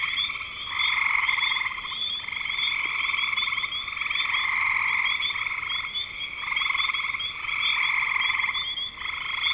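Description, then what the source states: Frogs in a chorus of pulsed, buzzy trills in long bursts with brief dips between, over a steady high tone. Spring 2025.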